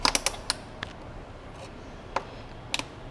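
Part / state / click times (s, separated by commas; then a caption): turn signal mounting clamp into motorcycle fairing / seated / 0.1 s, 0.2 s, 0.3 s, 0.5 s, 2.7 s, 2.8 s. The plastic mounting clamp of a TST flush-mount LED turn signal with Halo GTR is pushed through and ratcheted tight on the fairing of a 2019 Yamaha R3 motorcycle. Sharp ratcheting clicks come at 0.1, 0.2, 0.3 and 0.5 seconds, then again at 2.7 and 2.8 seconds after a quiet gap. The clamp ends up seated, securely clamped and fixed in place.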